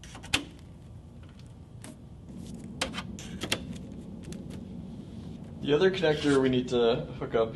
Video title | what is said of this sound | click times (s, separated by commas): How to Install the SBExpress-RM4 Out-of-the-Box | Make sure when you plug them in you hear like a click sound. | 0.3 s, 2.8 s, 3.5 s